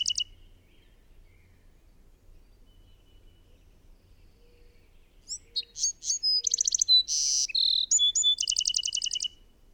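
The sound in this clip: Bird: after a long quiet stretch, a songbird bursts into a varied high song of chirps, a harsh buzz and a rapid rattling trill.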